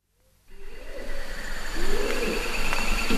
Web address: earth naturelibrary. sumatran orangutan